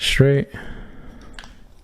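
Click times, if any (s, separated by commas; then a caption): none. Someone talks briefly while the two plastic legs of a Transformers Studio Series 86 Bumblebee action figure are handled and lined up straight, ready for a leg tab to go into the matching slot on the other leg. A faint, short tick is heard near 1.4 s. Nothing has seated or clicked yet.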